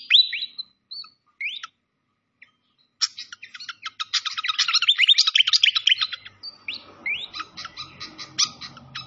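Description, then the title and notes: Malaysian pied fantail giving separate rising whistles, then a long rapid chattering run of chirps, then another rising whistle and more chirps over faint background noise. Masteran (training recording) of a clear-voiced fantail, mixed with the sound of flowing water. "Masteran Sikatan Kipas Suara Jernih Dan Suara Gemericik Air. Suara Burung Sikatan Londo"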